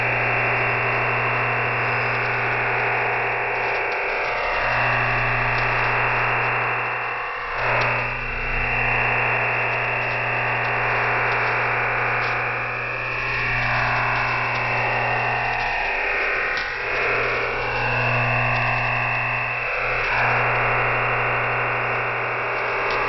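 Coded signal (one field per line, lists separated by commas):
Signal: digital SSTV (DRM)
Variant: EasyDRF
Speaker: The constant buzzing sound of our EasyDRF broadcast begins in 5 seconds.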